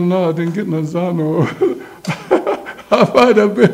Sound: laughs